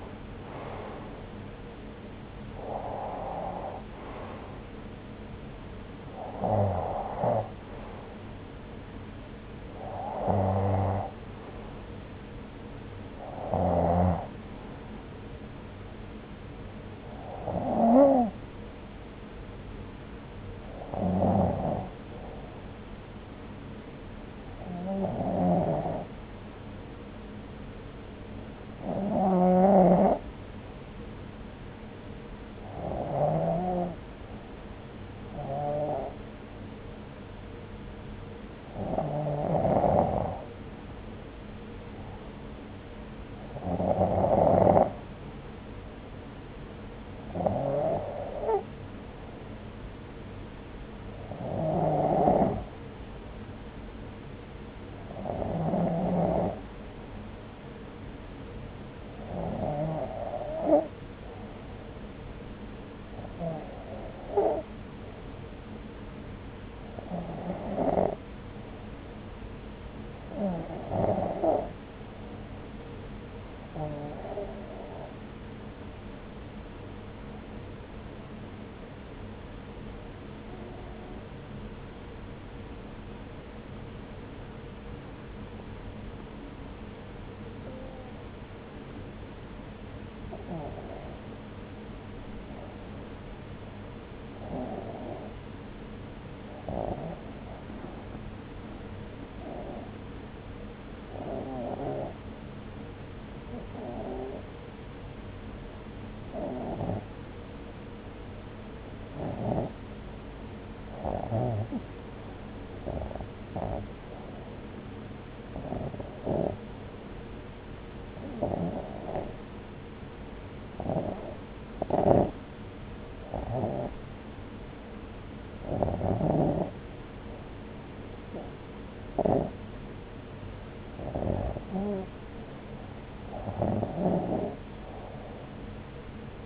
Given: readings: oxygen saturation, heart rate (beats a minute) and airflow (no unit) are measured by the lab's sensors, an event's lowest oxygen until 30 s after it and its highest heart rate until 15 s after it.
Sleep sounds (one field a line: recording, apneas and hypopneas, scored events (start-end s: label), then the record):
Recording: breathing in sleep by a voice recorder at the bedside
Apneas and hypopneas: 1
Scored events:
30.00-132.10 s: hypopnea (REM, oxygen 97% highest, then 89% lowest)
From the record:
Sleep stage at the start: REM sleep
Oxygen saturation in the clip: 90 to 97%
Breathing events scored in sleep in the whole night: 303 in 8.1 hours asleep